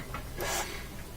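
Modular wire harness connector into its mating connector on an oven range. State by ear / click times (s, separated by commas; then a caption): seated / 0.1 s. A modular wire harness connector on an LG range is reconnected and pushed into its mating connector, giving a short click at 0.1 s. A broader rubbing, rasping noise follows around 0.4–0.6 s. The connector seats and clicks in.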